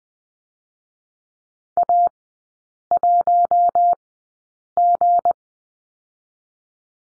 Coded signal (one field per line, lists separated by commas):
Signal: Morse code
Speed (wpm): 20 wpm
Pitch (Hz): 700 Hz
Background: none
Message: A1G